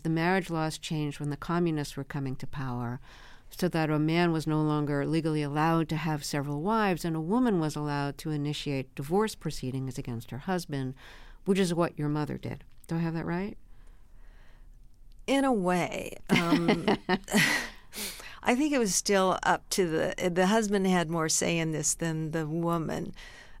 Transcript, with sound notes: The marriage laws changed when the communists were coming to power so that a man was no longer legally allowed to have several wives and a woman was allowed to initiate divorce proceedings against her husband, which is what your mother did. Do I have that right?
In a way.
(LAUGHTER)
I think it was still up to the - the husband had more say in this than the woman.